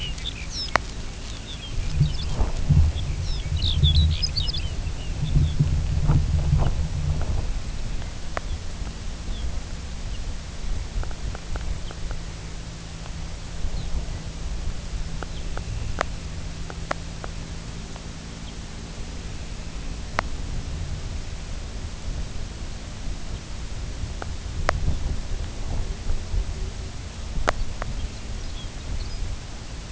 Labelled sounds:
Lapland Longspur (Calcarius lapponicus), unidentified sound, Dunlin (Calidris alpina), Pectoral Sandpiper (Calidris melanotos)

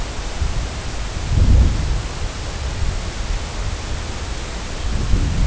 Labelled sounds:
none

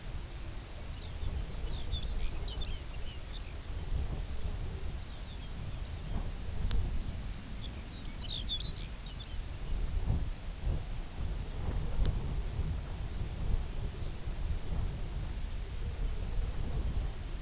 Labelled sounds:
Lapland Longspur (Calcarius lapponicus), unidentified sound

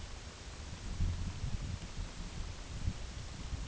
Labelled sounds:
none

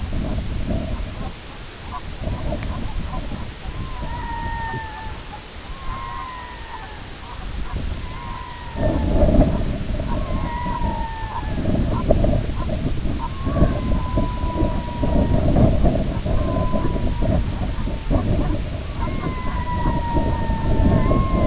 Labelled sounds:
unidentified sound, Red-throated Loon (Gavia stellata)

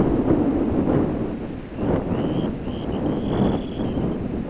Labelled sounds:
Dunlin (Calidris alpina)

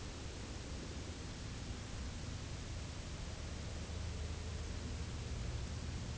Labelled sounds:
none

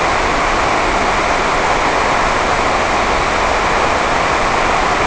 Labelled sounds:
none

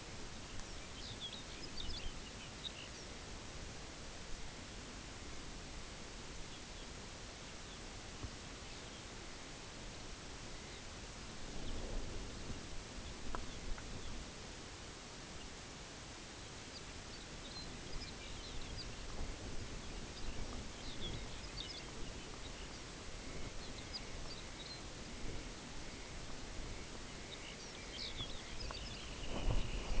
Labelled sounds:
Lapland Longspur (Calcarius lapponicus), Dunlin (Calidris alpina), unidentified sound

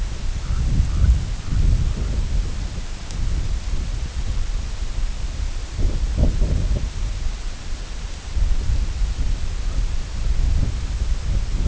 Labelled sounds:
White-rumped Sandpiper (Calidris fuscicollis)

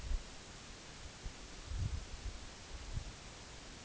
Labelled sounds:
none

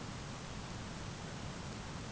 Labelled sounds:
none

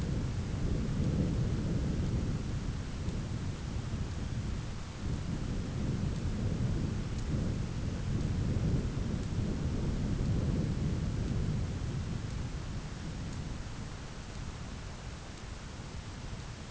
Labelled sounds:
none

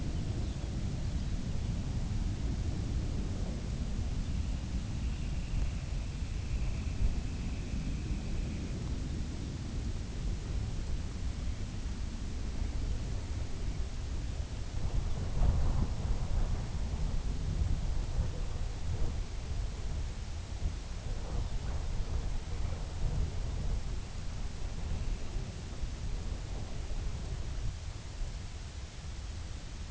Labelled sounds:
unidentified sound, Dunlin (Calidris alpina)

